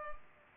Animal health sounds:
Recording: mosquito wingbeat signal from an infrared sensor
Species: Culex pipiens

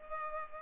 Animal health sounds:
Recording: mosquito wingbeat signal from an infrared sensor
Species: Culex pipiens

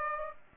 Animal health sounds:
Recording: mosquito wingbeat signal from an infrared sensor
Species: Aedes aegypti

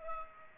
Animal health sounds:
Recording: mosquito wingbeat signal from an infrared sensor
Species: Culex pipiens

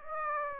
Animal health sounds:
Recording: mosquito wingbeat signal from an infrared sensor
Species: Aedes aegypti

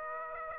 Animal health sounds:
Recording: mosquito wingbeat signal from an infrared sensor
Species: Aedes aegypti

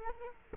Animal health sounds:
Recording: mosquito wingbeat signal from an infrared sensor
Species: Culex quinquefasciatus

